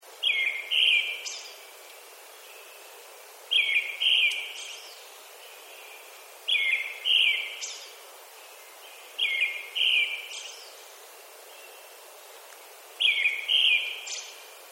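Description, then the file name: Brown-headed thrush singing short, fluty phrases, each ending in a thin high note, repeated about every three seconds with pauses between. "akahara"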